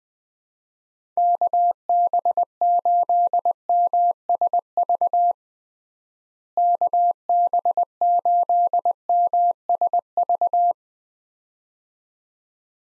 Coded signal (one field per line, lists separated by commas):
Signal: Morse code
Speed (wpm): 20 wpm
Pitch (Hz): 700 Hz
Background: none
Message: KB8MSV KB8MSV